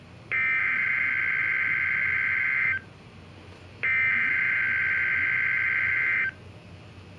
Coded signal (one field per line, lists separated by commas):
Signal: Emergency Alert System (SAME) tones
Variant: header bursts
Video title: DOUBLE HEADER Severe Thunderstorm Watches (EAS #486+487)